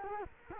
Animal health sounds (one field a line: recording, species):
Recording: mosquito wingbeat signal from an infrared sensor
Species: Culex quinquefasciatus